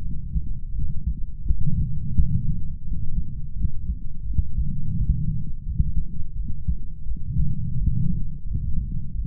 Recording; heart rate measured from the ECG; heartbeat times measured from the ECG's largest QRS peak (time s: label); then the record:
heart sounds by stethoscope; 86 bpm
0.02 s: heartbeat
0.73 s: heartbeat
1.44 s: heartbeat
2.16 s: heartbeat
2.86 s: heartbeat
3.55 s: heartbeat
4.24 s: heartbeat
4.95 s: heartbeat
5.65 s: heartbeat
6.34 s: heartbeat
7.05 s: heartbeat
7.76 s: heartbeat
8.45 s: heartbeat
9.13 s: heartbeat
From the record:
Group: healthy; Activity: light exercise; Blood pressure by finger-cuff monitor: 105/49 mmHg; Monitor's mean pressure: 62 mmHg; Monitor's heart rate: 86 bpm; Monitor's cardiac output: 8 L/min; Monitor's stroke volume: 94 mL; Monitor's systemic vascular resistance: 540 dyn s/cm5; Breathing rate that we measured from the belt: 21 breaths a minute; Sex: male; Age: 25 years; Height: 170 cm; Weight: 70.4 kg